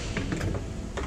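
An oil filter element is handled and fitted into a plastic oil filter housing cap during an oil change on a 2014–2019 BMW X5 50i (F15, N63), with the writing facing down and an inner portion aligned to the middle of the filter. Several short knocks and scrapes of the parts being handled are heard over a low background, the sharpest at 0.2 s. The element has not snapped into place yet.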